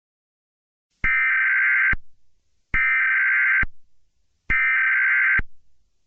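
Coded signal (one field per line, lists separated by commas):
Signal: Emergency Alert System (SAME) tones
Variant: header bursts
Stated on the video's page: Fictional EAS scenario using valid EAS tones.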